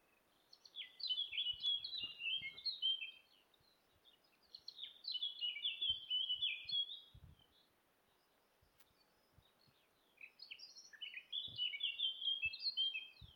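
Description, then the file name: Eurasian blackcap singing three separate warbling phrases of fast twittering and clear whistles, with quiet gaps between them. "Sylvia atricapilla"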